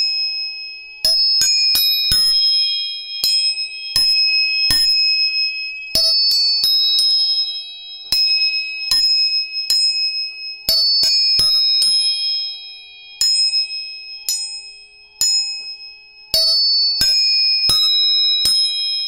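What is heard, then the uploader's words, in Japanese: Tuning forks are struck again and again, each sharp tap blooming into clear, ringing high tones that hang on and slowly fade. Strikes come irregularly, roughly every second, sometimes in quick pairs, so the bright sustained notes overlap into a steady shimmering chord. 音叉チューニング全体性。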